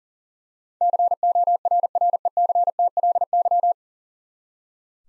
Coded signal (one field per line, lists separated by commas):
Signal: Morse code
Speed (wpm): 40 wpm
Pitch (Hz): 700 Hz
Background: none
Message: CORRECTLY